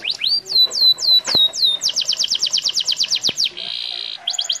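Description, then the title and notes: Canary song: bright whistled notes sweeping down, then a fast even trill, a short buzzy hold and more rapid rolling notes. Canary master song, used to train other birds to sing. "Suara Burung Kenari Masteran. master suara burung kenari mantap"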